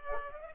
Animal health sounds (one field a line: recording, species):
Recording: mosquito wingbeat signal from an infrared sensor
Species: Culex pipiens